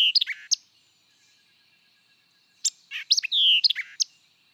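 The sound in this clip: White-eyed vireo song: abrupt chips and a drawn-out slurred whistle, heard as a partial phrase then a full phrase about two seconds later.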